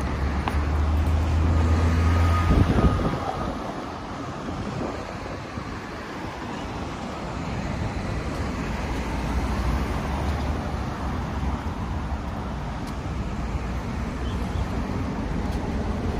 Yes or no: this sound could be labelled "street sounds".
yes